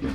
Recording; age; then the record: pig call; growing-finishing pig (85 days or more)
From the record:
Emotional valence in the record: negative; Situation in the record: barren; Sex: male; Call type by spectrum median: low-frequency call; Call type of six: low-frequency stable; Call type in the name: low-frequency stable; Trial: 4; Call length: 0.15 s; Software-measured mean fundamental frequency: 56 Hz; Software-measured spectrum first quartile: 196 Hz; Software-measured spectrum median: 305 Hz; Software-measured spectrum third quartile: 752 Hz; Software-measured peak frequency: 265 Hz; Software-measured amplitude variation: 91 dB a second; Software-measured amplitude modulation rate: 16.3 a second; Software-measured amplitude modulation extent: 5.6 dB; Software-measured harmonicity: 1.0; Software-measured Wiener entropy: -1.36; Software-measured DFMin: 735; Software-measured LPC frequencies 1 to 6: 315, 1252, 1761, 2480, 3309, 4195 Hz